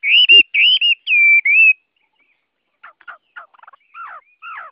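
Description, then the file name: Chinese hwamei song: long clear whistled phrases, slurred and slightly falling, then a pause and a run of softer buzzy, chattering notes. Song in the 'forest voice' (giọng rừng) style. "Tieng hoa mi hot giong rung"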